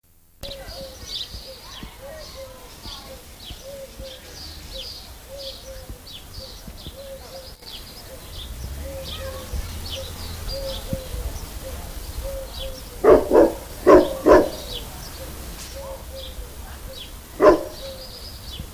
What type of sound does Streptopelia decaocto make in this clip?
song